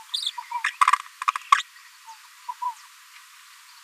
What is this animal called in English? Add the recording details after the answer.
Green-rumped Parrotlet. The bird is a female. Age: 27 days. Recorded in a nest box in Venezuela. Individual 17B73B2